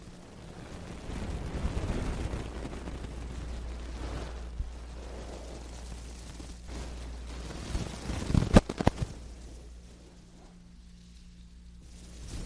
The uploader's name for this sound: wooden ear pick ear cleaning ,ear brushing whisper